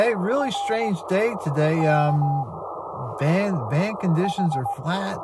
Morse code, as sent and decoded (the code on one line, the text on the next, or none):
.-. / -.- / ....
R K H